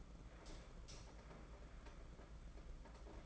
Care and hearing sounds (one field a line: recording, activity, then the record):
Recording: daily activity, microphone in the room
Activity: light on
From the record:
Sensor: 5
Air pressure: 992.0 hPa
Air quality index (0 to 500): 203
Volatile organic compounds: 1000 ppm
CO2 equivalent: 5862 ppm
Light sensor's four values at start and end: 8/19/7/8 and 8/21/8/9